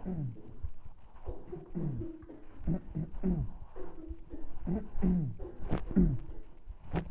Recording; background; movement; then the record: throat clearing; a bystander coughing; walking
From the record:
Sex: male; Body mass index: 20.5 kg/m2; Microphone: on the chest, facing the body